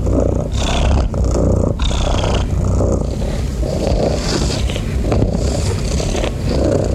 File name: SOUNDS FX MASTER - Relaxing Cat Purring Sounds